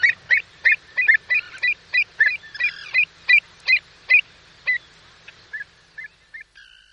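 Pied avocet calls: quick fluty notes, some doubled, that slow and fade toward the end.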